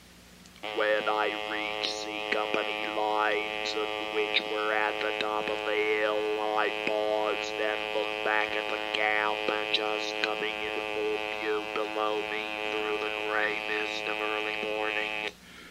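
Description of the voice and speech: A steady mechanical buzz at one fixed pitch carries a read passage for about 15 seconds. The words are intelligible, but the voice is flat and robotic, with no rise or fall in pitch. This is electrolarynx speech, the artificial voice used after the larynx is removed, produced with the electrolarynx held against the throat.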